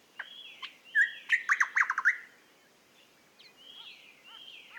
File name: British Library - Eastern Nicator Nicator gularis